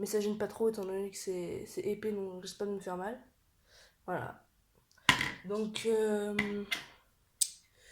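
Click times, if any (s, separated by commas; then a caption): 7.4 s. A Mora Robust v2 fixed-blade knife is pushed into its plastic sheath while someone talks. It snaps into the retention clip with one sharp click at 7.4 seconds, and the knife is seated.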